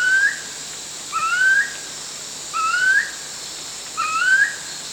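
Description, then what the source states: Chestnut-collared kingfisher with four rising whistled notes spaced about 1.4 seconds apart, backed by a steady high drone. Recorded at Danum on 1 January 2008.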